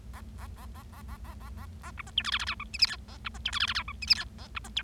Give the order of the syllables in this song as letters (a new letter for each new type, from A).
A A A A A A A A A A B C D E F F G H I J K A B C D E F F G H I J K A B C D